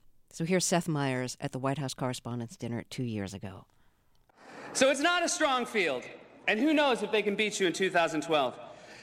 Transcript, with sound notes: So here's Seth Meyers at the White House Correspondents Dinner two years ago.
(SOUNDBITE OF WHITE HOUSE CORRESPONDENTS DINNER)
So, it's not a strong field, and who knows if they can beat you in 2012.